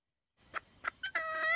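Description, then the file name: Red junglefowl hen making three soft, short clucks, then starting a louder, sustained harmonic squawk. "tieng ga mai rung"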